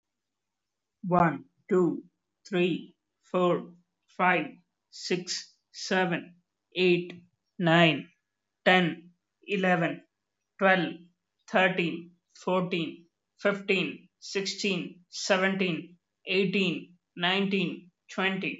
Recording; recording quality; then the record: counting at a normal pace; excellent, no background noise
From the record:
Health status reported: healthy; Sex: male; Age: 22 years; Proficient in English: yes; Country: India